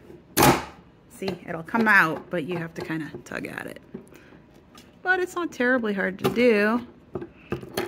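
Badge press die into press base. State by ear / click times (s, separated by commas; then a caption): seated / 7.8 s. A badge press die is pushed back into the press base after being tugged out, while someone talks. Hard plastic clacks sound near the end, and the die seats with a click at 7.8 seconds.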